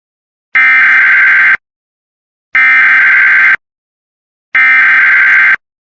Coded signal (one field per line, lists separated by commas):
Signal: Emergency Alert System (SAME) tones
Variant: header bursts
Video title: My First Ever EAS Test Compilation! EAS Tests From Mid September 2025 (EAS 50-76) READ DESCRIPTION